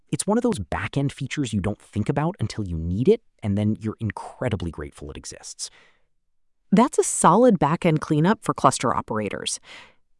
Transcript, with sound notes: It’s one of those backend features you don’t think about until you need it, and then you’re incredibly grateful it exists.
[with emphasis] That’s a solid backend cleanup for cluster operators.